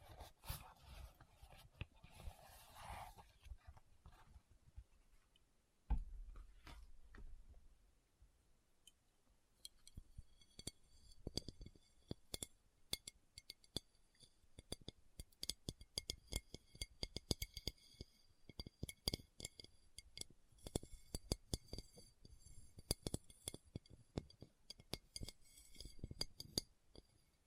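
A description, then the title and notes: Items come out of a bag one by one, with no talking. Crinkly rustling fills the opening seconds, a dull thump lands near six seconds, and from about ten seconds on, dense quick taps, clicks and small glassy clinks follow in irregular bursts. ASMR What's In My Bag (No Talking).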